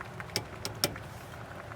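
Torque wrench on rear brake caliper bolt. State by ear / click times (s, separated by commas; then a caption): torque reached / 0.8 s. A long torque wrench set to 24 foot-pounds tightens a caliper bracket bolt on the rear brake of a 2009–2019 Ford Flex. A few faint ticks come before it, and the wrench gives a sharp but modest click at 0.8 s, confirming the bolt has reached its torque setting.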